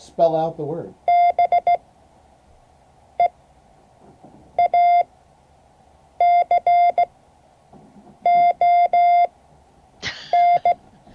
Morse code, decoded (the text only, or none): E BEACON